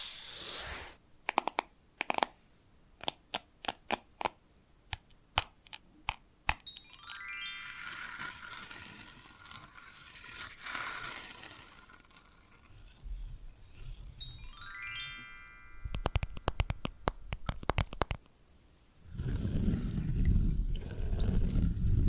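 Invisible tapping, scratching and tracing: crisp, irregular taps come in bursts from the start to about 7 seconds and again around 15 to 18 seconds. Between them run soft, steady scratchy strokes with rising whisks, and a low rough rubbing fills the final seconds.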